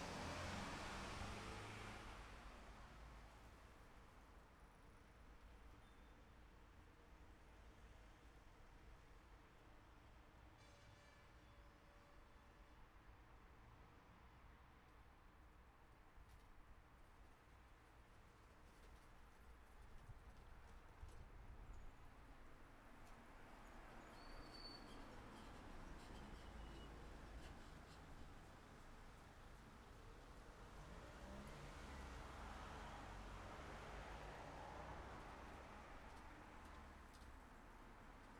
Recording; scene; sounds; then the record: everyday scene through a hearing-aid microphone; in traffic; traffic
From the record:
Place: city secondary road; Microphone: behind the ear, left, rear